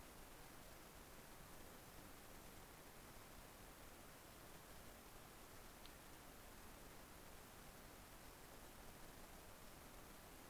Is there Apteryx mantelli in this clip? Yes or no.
no